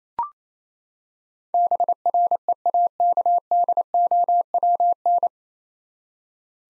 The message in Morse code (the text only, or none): BREAKDOWN